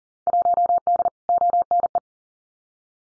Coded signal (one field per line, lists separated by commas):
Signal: Morse code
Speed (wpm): 40 wpm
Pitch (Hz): 700 Hz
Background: none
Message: 1D ONE